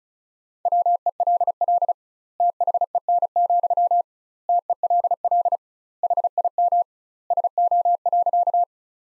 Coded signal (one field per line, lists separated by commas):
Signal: Morse code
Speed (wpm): 34 wpm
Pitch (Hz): 700 Hz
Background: none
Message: WELL THEN, TELL HIM SO.